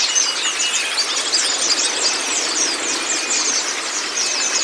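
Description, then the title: White-eye song: fast, bright high twitters and short whistled notes, continuous and overlapping, over steady background hiss. White-eye (pleci kacamata si putih) song on a training recording (masteran) meant to get a silent (bisu) pleci singing constantly (gacor). "mster Mnuk. Terapi Pleci Bisu Menjadi Gacor Abis. Masteran Pleci Kacamata Si Putih"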